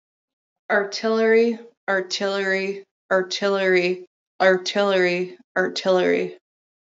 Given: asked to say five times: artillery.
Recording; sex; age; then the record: repeated word; female; 20 to 29 years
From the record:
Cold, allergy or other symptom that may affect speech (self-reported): no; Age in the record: 25 years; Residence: Michigan, United States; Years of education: 13